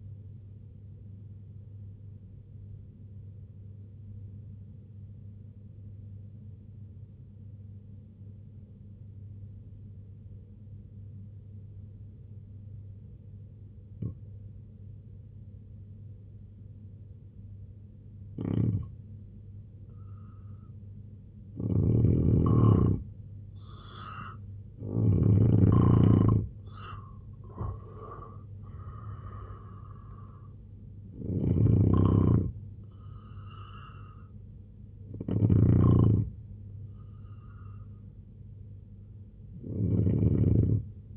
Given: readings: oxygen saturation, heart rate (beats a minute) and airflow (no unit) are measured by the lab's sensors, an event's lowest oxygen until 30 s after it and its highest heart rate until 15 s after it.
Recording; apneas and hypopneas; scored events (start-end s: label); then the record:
breathing in sleep by a smartphone at the bedside; 1
3.00-20.80 s: obstructive apnea (N2, oxygen 96% highest, then 86% lowest, heart rate 63 at the start, 91 highest)
22.00-41.17 s: new sleep stage, N1 (lightest sleep)
From the record:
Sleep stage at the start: N2 (light sleep); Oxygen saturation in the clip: 86 to 96%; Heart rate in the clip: 63 to 91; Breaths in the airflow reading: 7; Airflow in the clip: -6.2 to 5.8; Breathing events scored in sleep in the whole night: 258 in 7.4 hours asleep